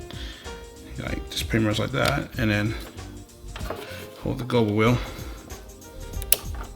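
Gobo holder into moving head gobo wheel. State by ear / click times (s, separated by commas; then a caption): seated / 6.3 s. Someone talks while a gobo holder is slid back into the gobo wheel of an Elation 5R Pro moving head light, going in at an angle past a small tab, with music in the background. A sharp click at 6.3 s marks the holder snapping into place, seated in the gobo wheel.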